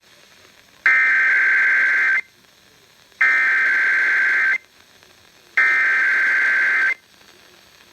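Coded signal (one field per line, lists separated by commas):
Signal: Emergency Alert System (SAME) tones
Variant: header bursts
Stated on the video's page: Weekly tests including a station that tests Mondays, plus a cable box alert.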